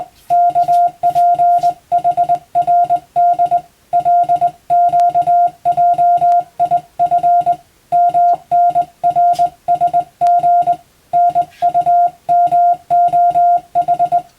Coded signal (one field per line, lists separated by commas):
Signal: Morse code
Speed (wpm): 20 wpm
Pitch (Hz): 700 Hz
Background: music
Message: KPHRD LQJIF MNRSG NUMOH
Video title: 【Radio operator morse practice】This is a Morse code practice video. There is a morse exam in japan.